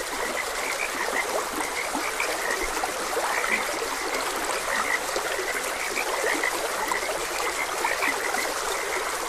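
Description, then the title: Frogs croaking in a dense chorus of short, repeated mid-pitched notes over steady rushing stream water. Frogs croaking beside a gentle stream. "Gentle Stream and Frogs Croaking"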